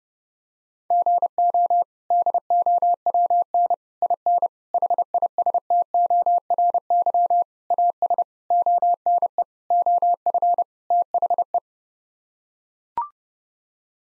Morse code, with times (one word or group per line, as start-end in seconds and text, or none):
0.9-1.8 GO
2.1-3.7 DOWN
4.0-4.5 IN
4.7-7.4 HISTORY
7.7-8.2 AS
8.5-9.4 ONE
9.7-10.6 OF
10.9-11.6 THE